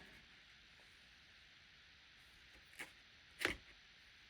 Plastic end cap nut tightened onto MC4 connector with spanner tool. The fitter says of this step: there it went listen I'm GNA see if I I'll make it click again so you can hear it